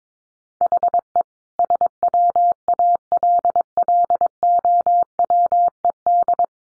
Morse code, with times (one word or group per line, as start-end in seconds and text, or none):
0.6-1.2 HE
1.6-6.4 SWALLOWED